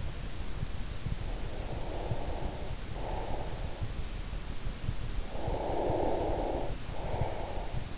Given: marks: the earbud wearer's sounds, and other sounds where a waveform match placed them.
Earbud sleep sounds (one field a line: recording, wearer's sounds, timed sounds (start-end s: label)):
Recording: sounds in sleep by an in-ear microphone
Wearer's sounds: breath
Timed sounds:
1.24-3.83 s: breath
5.28-7.98 s: breath